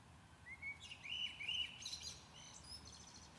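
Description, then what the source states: Common blackbird warbling a mellow, flute-like phrase that breaks into busy high twitters and thin squeaks, with low background rumble throughout. Recorded at Maindy.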